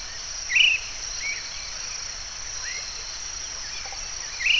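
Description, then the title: Bird song of short whistled chirps and upward-curving notes, scattered throughout, over a constant high hissing buzz. "LuckyPassaro Completos2Sama"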